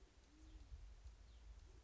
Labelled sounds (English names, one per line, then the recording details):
Band-tailed Pigeon
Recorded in Sonoma County, California